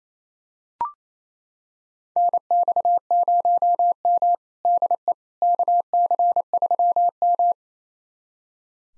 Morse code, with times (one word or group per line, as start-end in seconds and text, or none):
2.2-4.3 NX0M
4.7-5.1 DE
5.4-7.5 KC3M